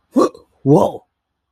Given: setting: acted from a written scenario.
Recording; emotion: vocal sound without words; negative surprise